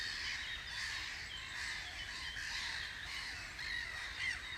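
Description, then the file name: Gulls giving overlapping squawking cries that come and go throughout, set against a steady noisy background. "Möwe"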